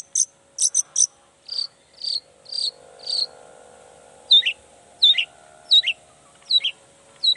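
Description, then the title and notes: Long-tailed shrike singing: quick high chips, then a few buzzy mid notes, then repeated downslurred notes at a steady pace. Morning singing; chatty, varied song of a long-tailed shrike, said to prompt other shrikes to answer at once and start singing their repertoire. "Cendet Gacor Dor Di Kala Pagi Toet Toet Variasi Suara. Cendet Gacor Pagi Hari Biangnya Bikin Cendet Manapun Langsung On Nyaut Buka Materi. Burung cendet"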